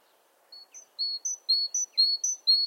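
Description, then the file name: Great tit song: a clear two-note phrase, high then lower whistle, repeated rapidly about twice a second after a brief quiet start. "Parus major"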